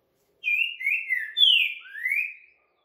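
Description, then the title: Green-winged saltator song: a loud whistled phrase of four slurred notes, the third falling and the last rising, lasting about two seconds. Rare song style called curricutil boi boca mole, used to warm up and train a caged saltator for singing contests. "TRINCA FERRO CURRICUTIL BOI BOCA MOLE"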